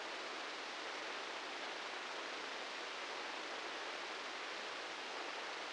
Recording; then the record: brain microelectrode recording played as sound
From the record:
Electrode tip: outside the subthalamic nucleus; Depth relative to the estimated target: -4 mm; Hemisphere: right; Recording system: NeuroSet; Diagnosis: Parkinson's disease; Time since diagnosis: 19 years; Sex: female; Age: 69 years